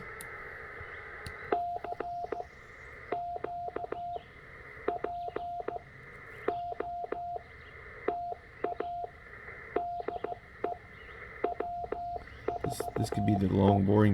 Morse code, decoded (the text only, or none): CQ POTA DE W4E